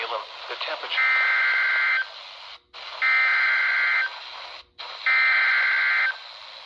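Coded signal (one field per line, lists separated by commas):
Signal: Emergency Alert System (SAME) tones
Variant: header bursts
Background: speech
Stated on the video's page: Flash flood warning from a NOAA Weather Radio transmitter on 162.500 MHz, received about 82 miles away on a RadioShack 12-254 weather radio.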